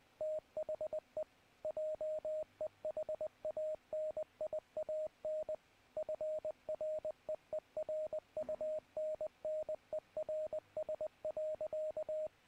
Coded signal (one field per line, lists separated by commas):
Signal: Morse code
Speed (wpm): 20 wpm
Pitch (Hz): 620 Hz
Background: radio noise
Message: THE JEHANIAN FREERUNNERS.